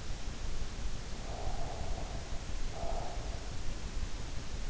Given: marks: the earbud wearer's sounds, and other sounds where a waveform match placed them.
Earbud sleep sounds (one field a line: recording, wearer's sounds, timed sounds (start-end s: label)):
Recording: sounds in sleep by an in-ear microphone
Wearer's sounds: breath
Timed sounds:
0.93-3.50 s: breath